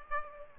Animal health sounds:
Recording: mosquito wingbeat signal from an infrared sensor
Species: Aedes aegypti

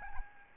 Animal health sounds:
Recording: mosquito wingbeat signal from an infrared sensor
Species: Aedes albopictus

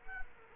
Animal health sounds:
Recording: mosquito wingbeat signal from an infrared sensor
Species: Culex quinquefasciatus

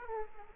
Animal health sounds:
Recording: mosquito wingbeat signal from an infrared sensor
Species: Aedes aegypti

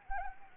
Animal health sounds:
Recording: mosquito wingbeat signal from an infrared sensor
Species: Anopheles arabiensis

